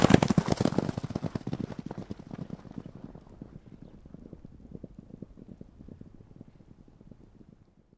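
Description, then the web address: Horse hoofbeats galloping in a fast, uneven rhythm, loud at first and then fading steadily until only faint thuds remain. Two horses galloping on the ground. "deux chevaux galopant sur le sol"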